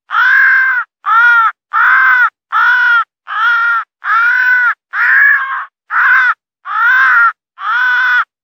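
Crow cawing: about ten harsh, hoarse caws in a steady series, each under a second long, with short gaps between them and no other sounds.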